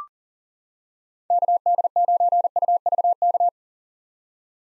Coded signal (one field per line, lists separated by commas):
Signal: Morse code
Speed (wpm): 38 wpm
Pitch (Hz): 700 Hz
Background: none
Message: KD9UVK